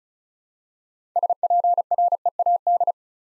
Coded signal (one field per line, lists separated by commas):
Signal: Morse code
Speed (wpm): 36 wpm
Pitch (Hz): 700 Hz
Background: none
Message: SPREAD